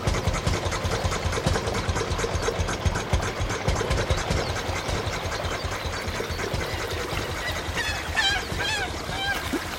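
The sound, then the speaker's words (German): A small early motorboat engine, a high-speed motor driving a boat on the Neckar river without muscle power, chugs steadily with a fast, rhythmic knocking pulse, loud and continuous, while a few faint bird-like chirps rise and fall near the end. “Unser Dahinfahren auf dem Neckar, ohne Muskelkraft, angetrieben von unserem Schnellläufer.”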